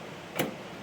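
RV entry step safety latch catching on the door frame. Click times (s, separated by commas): 0.4 s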